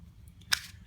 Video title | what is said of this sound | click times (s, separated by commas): New knives, custom scales, and stuff! | so when you separate them it kind of opens like that and then it clicks in place | 0.5 s